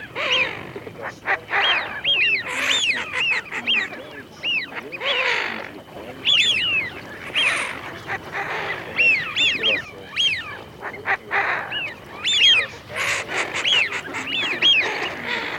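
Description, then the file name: Eurasian wigeon flock whistling, with many rising-and-falling notes overlapping continuously. Recording made for an electronic decoy caller. "Свиязь Fischione"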